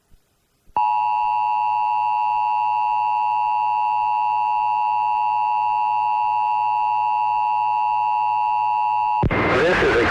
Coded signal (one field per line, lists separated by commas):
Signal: Emergency Alert System (SAME) tones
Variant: 853 and 960 Hz attention tone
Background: speech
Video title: EAS #274-276: 1 NWR and 2 EAS Required Monthly Tests- Oct. 18, 2018- 10:30AM PDT